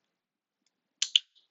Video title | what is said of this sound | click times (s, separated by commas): LEGO Building - Earth and Moon | Looks like it can snap in place. | 1.0 s, 1.2 s